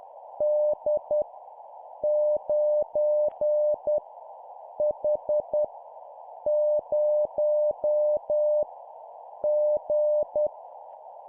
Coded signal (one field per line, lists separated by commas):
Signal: Morse code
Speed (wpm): 10 wpm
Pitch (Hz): 600 Hz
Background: none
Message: D 9 H 0 G